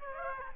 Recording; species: mosquito wingbeat signal from an infrared sensor; Aedes aegypti